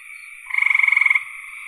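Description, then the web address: Frog call, a single rapid pulsed trill of under a second, with a constant chorus of frogs behind it. "cn frogs"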